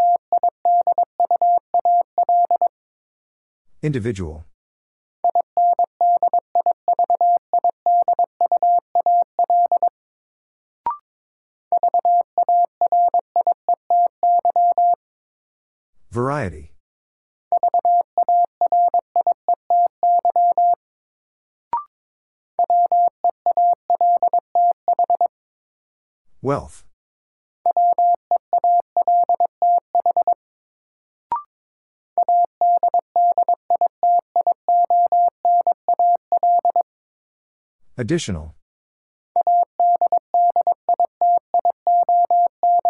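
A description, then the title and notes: Morse code beeps at one steady mid-pitched tone, sent in fast groups of dots and dashes separated by short silences. Every ten seconds or so a brief sweeping burst cuts in, and faint single clicks appear between some groups. Sentences from Top 1000 Words - Review Part 4 - New Word Drill - 22wpm. First, the word is sent in Morse code. Then it is spoken.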